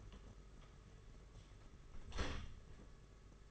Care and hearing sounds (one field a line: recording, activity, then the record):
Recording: daily activity, microphone in the room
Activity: close door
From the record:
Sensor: 4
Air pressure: 992.4 hPa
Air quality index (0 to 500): 111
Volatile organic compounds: 19 ppm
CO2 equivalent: 2668 ppm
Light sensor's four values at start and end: 21/72/26/27 and 21/74/27/28